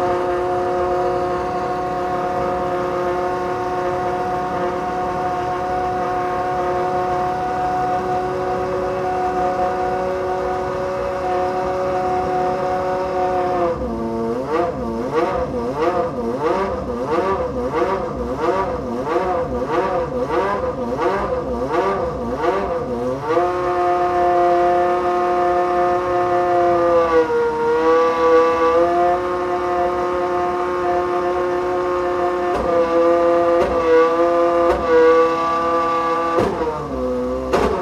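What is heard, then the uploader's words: Racing engines hold a steady high whine, then rev up and down rapidly and rhythmically mid-clip before settling into a sustained, dipping scream. McLaren Formula 1 V8s and V10s at Monterey.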